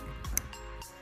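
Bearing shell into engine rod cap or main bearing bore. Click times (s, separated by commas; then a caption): 0.4 s. A steel engine bearing shell for a Chevy Cobalt 2.2 Ecotec engine rebuild is lined up with its locating notch and pressed evenly on both ends into its bore in the rod cap or main bearing. Over a steady tonal background, soft taps come at about 0.2 s and 0.5 s around a sharp, bright click at 0.4 s. The bearing shell snaps in and is seated.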